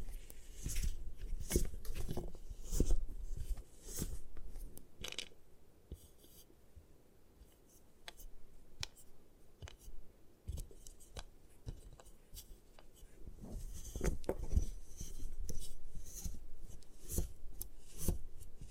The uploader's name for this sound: Destroy Gym Chalk